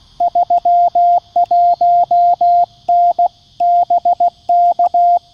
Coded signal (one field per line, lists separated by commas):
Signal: Morse code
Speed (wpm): 16 wpm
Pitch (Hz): 700 Hz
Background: radio noise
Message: 31N BK